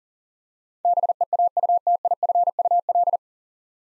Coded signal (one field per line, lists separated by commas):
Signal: Morse code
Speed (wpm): 37 wpm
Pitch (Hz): 700 Hz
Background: none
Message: BEAUTIFUL